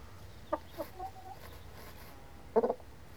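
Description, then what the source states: Chicken clucks, a few single low clucks followed by a fast triple cluck near the end, with a faint steady hum behind. Cockerel and hens scratching.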